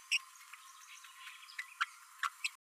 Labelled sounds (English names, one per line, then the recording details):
Green-rumped Parrotlet babbling
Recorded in a nest box in Venezuela
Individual 18B12A1